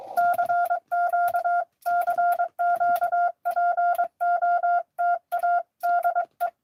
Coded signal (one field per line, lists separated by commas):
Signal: Morse code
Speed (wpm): 23 wpm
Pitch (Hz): 690 Hz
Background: none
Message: CQ CQ POTA DE